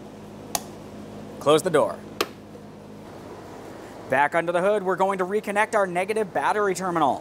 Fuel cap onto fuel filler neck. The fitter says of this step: reinstall your fuel cap we'll take this and turn it clockwise until you hear a click